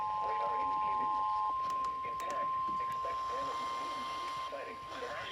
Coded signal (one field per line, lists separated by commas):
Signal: Emergency Alert System (SAME) tones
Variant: 1050 Hz attention tone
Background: speech